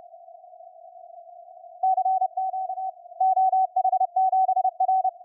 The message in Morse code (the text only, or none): CQ OH7R